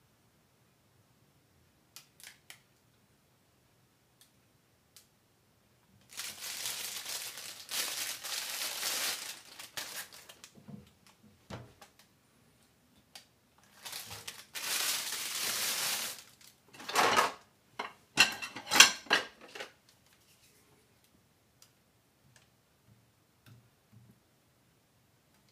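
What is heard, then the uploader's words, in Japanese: Cooking sounds: scattered clicks and taps, then two bursts of bright hissing sizzle around 6–10 and 14–16 seconds, plus quick clatters near 18. 料理の音。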